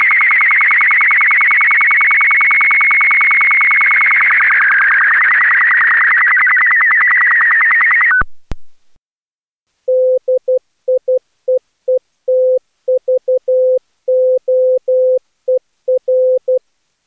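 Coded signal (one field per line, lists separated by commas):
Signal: SSTV (slow-scan television)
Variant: BW12 mode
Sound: eight seconds of warbling, buzzy scanning tone with rapid regular clicks, then keyed beeps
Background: Morse code tones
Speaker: nu het sstv plaatje in B uw 12 vandaag weer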